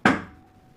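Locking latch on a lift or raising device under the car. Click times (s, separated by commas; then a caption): 0.1 s. A locking latch on a lift under a 2nd-generation Porsche 996 Tiptronic, raised past its catch point and lowered back down, gives one loud, sharp knock at 0.1 s. A faint metallic ring fades out after it, and the lift locks in place.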